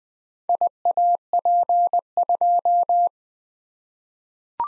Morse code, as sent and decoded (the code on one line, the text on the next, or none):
.. .- .--. ..---
IAP2